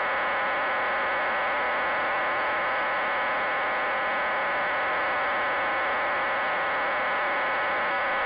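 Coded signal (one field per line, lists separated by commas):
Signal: numbers station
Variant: HM01 RDFT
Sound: continuous dense rushing hiss of many close steady tones, like a buzzing swarm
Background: radio static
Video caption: all previous RDFT sequences*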